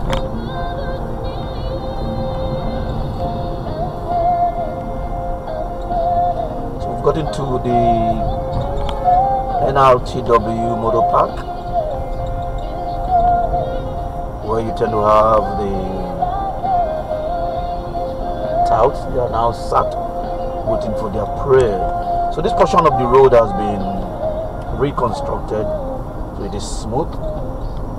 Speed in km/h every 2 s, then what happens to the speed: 47, 47, 44, 40, 39, 39, 40, 42, 44, 47, 47, 48, 52, 56.
0-10 slows to 39. 10-28 speeds up to 56.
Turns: none.